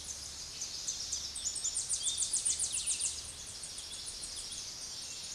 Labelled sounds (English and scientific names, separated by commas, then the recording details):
Tennessee Warbler (Leiothlypis peregrina) song
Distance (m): 35 m
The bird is about 25 m above the microphone
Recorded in a Pennsylvania forest on 16 May 2024 at 06:19
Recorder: AudioMoth, point MSD-2349
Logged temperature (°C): 15.8 °C
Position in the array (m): 31 m, 61 m